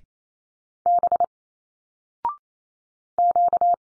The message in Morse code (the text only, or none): B Q